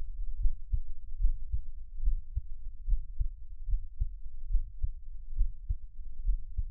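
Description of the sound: Soft, deep thumps repeat steadily at about 75 beats a minute, with a faint low hum between beats and no talking. This is an adult's own heartbeat heard close to the chest, offered as a quiet Taiwanese ASMR track.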